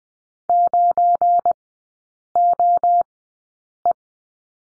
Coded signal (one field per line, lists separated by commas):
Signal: Morse code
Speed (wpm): 20 wpm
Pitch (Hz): 700 Hz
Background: none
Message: 9OE